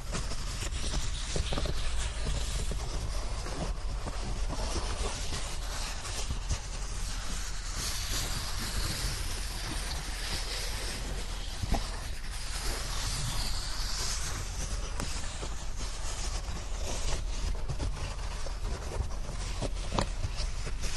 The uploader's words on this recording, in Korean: 스르륵 이불 소리. 잘 말린 이불 속에서 사각사각.